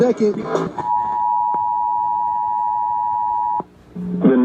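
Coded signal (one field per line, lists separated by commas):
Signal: Emergency Alert System (SAME) tones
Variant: 853 and 960 Hz attention tone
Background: speech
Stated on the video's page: Severe thunderstorm warning received on NOAA Weather Radio and two FM stations.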